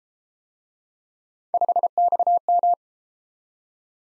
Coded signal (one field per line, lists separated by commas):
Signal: Morse code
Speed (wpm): 33 wpm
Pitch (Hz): 700 Hz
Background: none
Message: 5XM